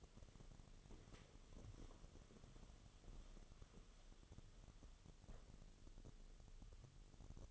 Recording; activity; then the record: daily activity, microphone in the room; walk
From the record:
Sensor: 4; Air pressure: 1016.2 hPa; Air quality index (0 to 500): 162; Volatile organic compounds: 6 ppm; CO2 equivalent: 1843 ppm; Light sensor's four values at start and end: 9/21/8/8 and 9/21/8/8